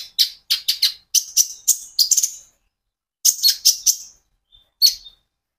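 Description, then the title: Van Hasselt's sunbird song of high, bright chips in rapid clusters, then a silent gap, another rapid cluster, a faint thin whistle and a final chip. Steady, continuous song from a sunbird used as a lure and training song for caged sunbirds. "KOLIBRI NINJA KONIN IJOAN GACOR COCOK UNTUK PANCINGAN TERAPI KONIN"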